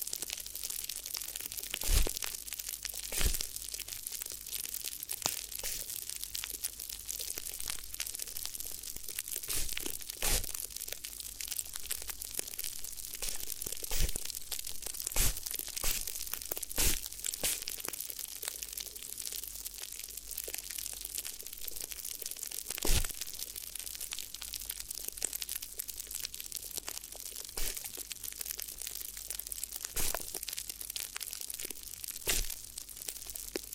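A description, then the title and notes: Close, dense crinkling and crunching fills the whole stretch, bright and crackly like plastic or paper being worked right at the ear. Sharper crunches stand out every few seconds, near 2, 10, 15, 17 and 23 seconds, over a steady bed of fine rustling. ASMR Addictive Crinkly Ear Massage (No Talking).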